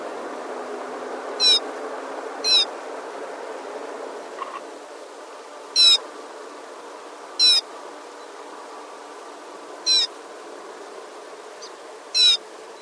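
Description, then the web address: Rufous-necked snowfinch repeating short, thin, high chirps, six in all, one to a few seconds apart, against constant background noise. "animal rufous-necked-snowfinch-call"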